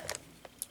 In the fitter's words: it's locked into place